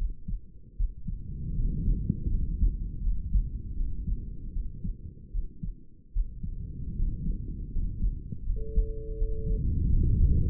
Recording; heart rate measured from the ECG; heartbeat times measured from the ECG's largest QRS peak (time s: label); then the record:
heart sounds by stethoscope; 79 bpm
0.76 s: heartbeat
1.55 s: heartbeat
2.29 s: heartbeat
3.01 s: heartbeat
3.76 s: heartbeat
4.53 s: heartbeat
5.31 s: heartbeat
6.12 s: heartbeat
6.95 s: heartbeat
7.71 s: heartbeat
8.44 s: heartbeat
9.17 s: heartbeat
9.89 s: heartbeat
From the record:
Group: healthy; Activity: rest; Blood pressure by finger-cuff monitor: 103/73 mmHg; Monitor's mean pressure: 81 mmHg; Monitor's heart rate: 78 bpm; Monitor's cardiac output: 6.2 L/min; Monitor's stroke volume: 79 mL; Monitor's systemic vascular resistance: 950 dyn s/cm5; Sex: male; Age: 35 years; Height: 180 cm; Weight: 86.9 kg